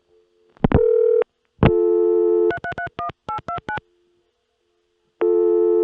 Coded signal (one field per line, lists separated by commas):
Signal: DTMF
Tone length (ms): 90 ms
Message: 3331829